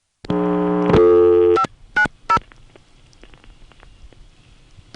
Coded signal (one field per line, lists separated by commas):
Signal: DTMF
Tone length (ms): 90 ms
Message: 590